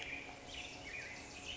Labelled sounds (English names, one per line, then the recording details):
Black-headed Grosbeak
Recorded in Sonoma County, California